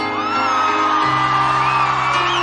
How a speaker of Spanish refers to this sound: ¡A ver los gritos, che!